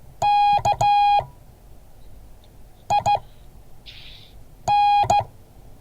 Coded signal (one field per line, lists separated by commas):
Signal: Morse code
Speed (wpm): 15 wpm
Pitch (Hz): 820 Hz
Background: none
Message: KIN